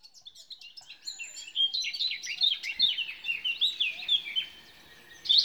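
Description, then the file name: Eurasian blackcap song beginning with soft scattered chirps, building into a loud, rapid warble of varied high notes, then a short pause and a final sharp burst. "Sylvia atricapilla"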